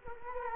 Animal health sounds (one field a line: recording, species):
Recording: mosquito wingbeat signal from an infrared sensor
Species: Culex quinquefasciatus